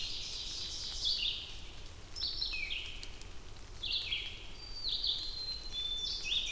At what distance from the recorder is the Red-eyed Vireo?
about 35 m